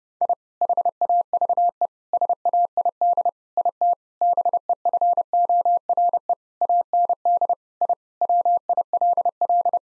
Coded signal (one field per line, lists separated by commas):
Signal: Morse code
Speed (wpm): 30 wpm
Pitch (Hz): 700 Hz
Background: none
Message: I HAVE SAID IT BEFORE AND I WILL